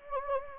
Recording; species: mosquito wingbeat signal from an infrared sensor; Anopheles gambiae